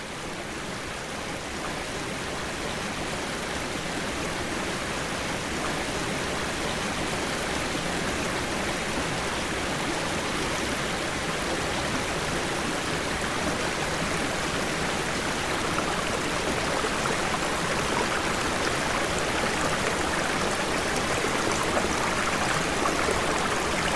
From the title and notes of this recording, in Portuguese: Uma confortável cabana em cima de uma bela e ancestral árvore na Serra da Bocaina (SP). A paisagem sonora que se escuta na copa de uma árvore. As águas baterem nas folhas.